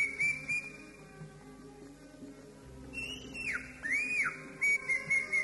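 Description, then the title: Greater green leafbird giving whistled notes, including a slow downward slide and an arched rising-falling whistle, then quick repeated chirps, with low hum behind. "Kicau Burung Cucak Ijo"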